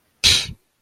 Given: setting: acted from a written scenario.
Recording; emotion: vocal sound without words; contempt